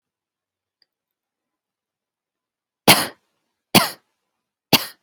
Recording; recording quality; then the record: shallow voluntary cough; excellent, no background noise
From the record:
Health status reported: healthy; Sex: female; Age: 48 years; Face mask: not worn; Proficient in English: yes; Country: United States